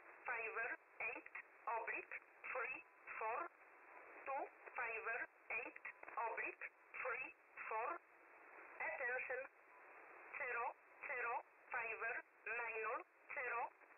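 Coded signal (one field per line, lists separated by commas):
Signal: numbers station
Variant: E11, English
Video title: Spy Numbers, E11, 7850 Khz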